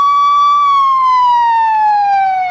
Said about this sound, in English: Now, hold on, we got a little ambulance passing through here.